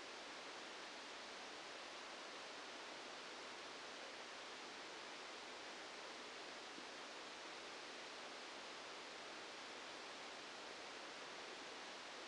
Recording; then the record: brain microelectrode recording played as sound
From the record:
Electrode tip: outside the subthalamic nucleus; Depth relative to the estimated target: -8 mm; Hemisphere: left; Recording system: NeuroSet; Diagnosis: Parkinson's disease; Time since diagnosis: 14 years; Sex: male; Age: 51 years